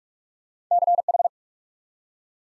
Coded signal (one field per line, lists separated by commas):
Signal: Morse code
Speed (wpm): 44 wpm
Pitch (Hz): 700 Hz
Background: none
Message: CH